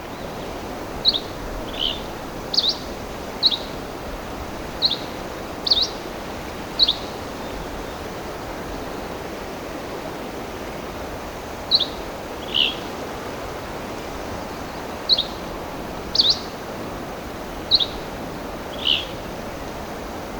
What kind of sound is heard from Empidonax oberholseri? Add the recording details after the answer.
song. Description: Dusky Flycatcher song recorded in the Wild Basin Moraine of Rocky Mountain National Park. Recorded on 2 June 2016